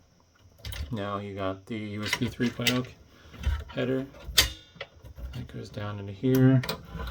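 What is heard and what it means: The front-panel USB 3.0 cable's plastic header plug is handled and brought down toward its socket on the motherboard of a Dell Optiplex 7010 SFF small form factor during a front IO USB port replacement, while someone talks. Short handling knocks are heard, the loudest at about 4.4 s. Nothing has seated or clicked yet.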